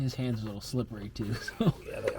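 A plastic quarter-turn oil drain plug is being handled at the engine oil pan of a 2020 Ford F-150 with the 2.7L EcoBoost during an oil change, while a man talks. A short sharp tick is heard near 2.1 s, but the plug has not seated or clicked home yet.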